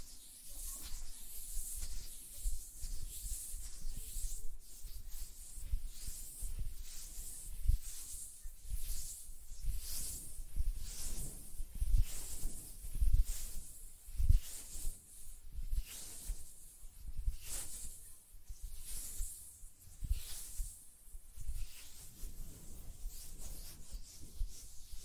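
Hand sounds and finger fluttering make a soft, airy swishing that swells and fades in quick waves about once a second throughout. The sound is bright and hissy, with a faint low rumble and occasional light thumps underneath.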